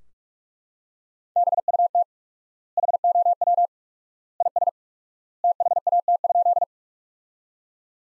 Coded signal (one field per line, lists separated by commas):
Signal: Morse code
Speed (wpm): 41 wpm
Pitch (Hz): 700 Hz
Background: none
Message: BUT HOW IS THAT?